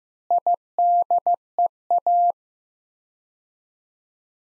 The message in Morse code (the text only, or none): IDEA